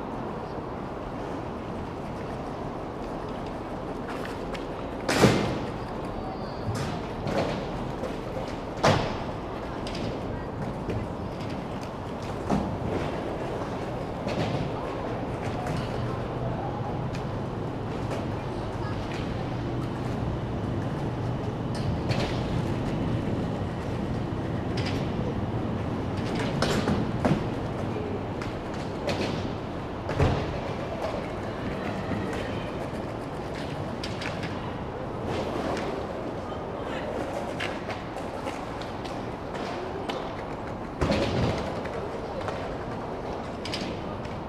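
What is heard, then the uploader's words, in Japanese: Skateboards are being practiced on, with a steady rolling rumble running through the whole stretch. Sharp clacks and slaps from landings and board hits cut through at irregular moments, clearly near 5, 9, 27, 30 and 41 seconds, while faint voices murmur underneath. スケボーを練習する音。スケボー練習場の様子を録ってみました。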